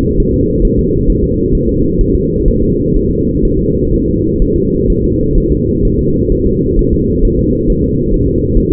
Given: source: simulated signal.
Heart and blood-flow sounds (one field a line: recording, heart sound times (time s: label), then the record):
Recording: fetal heart sounds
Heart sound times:
0.20 s: S1
0.34 s: S2
0.65 s: S1
0.79 s: S2
1.09 s: S1
1.24 s: S2
1.55 s: S1
1.69 s: S2
2.01 s: S1
2.15 s: S2
2.48 s: S1
2.62 s: S2
2.96 s: S1
3.11 s: S2
3.45 s: S1
3.59 s: S2
3.94 s: S1
4.08 s: S2
4.42 s: S1
4.56 s: S2
4.90 s: S1
5.04 s: S2
5.38 s: S1
5.52 s: S2
5.85 s: S1
5.99 s: S2
6.32 s: S1
6.46 s: S2
6.79 s: S1
6.93 s: S2
7.25 s: S1
7.39 s: S2
7.70 s: S1
7.84 s: S2
8.14 s: S1
8.28 s: S2
8.57 s: S1
8.72 s: S2
From the record:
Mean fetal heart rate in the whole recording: 130 bpm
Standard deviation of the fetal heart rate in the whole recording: 4 bpm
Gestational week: 38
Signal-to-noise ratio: -10.2 dB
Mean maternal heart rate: 72 bpm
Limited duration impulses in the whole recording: present